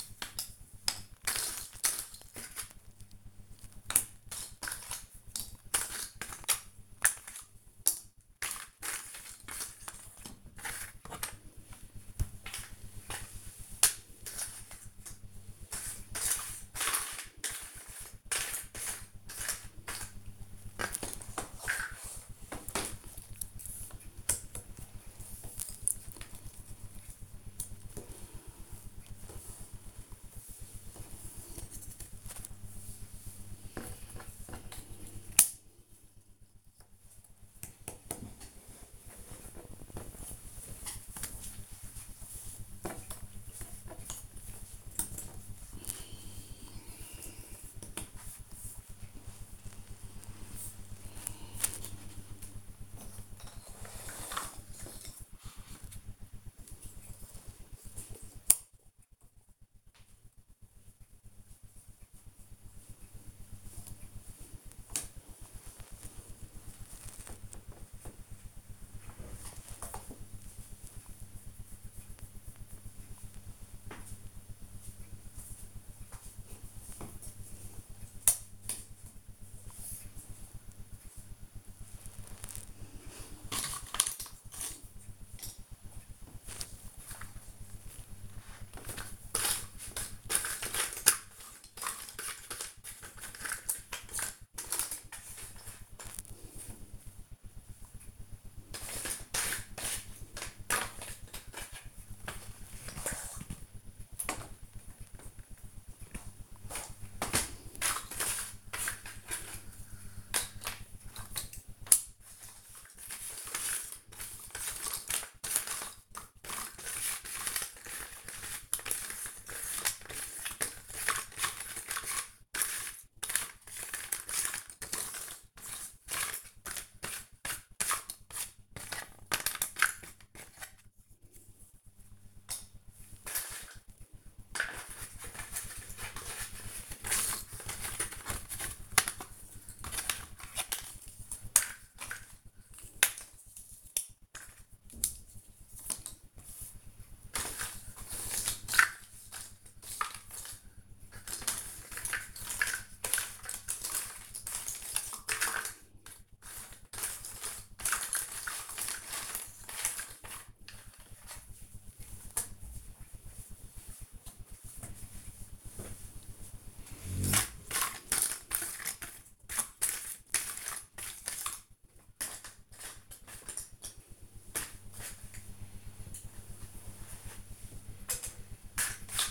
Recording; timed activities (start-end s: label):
household activities, microphone on the right wrist
0.00-171.49 s: doing a puzzle
172.50-179.31 s: doing a puzzle